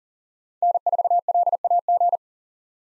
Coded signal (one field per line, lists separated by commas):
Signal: Morse code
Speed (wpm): 40 wpm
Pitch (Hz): 700 Hz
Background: none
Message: N4LAG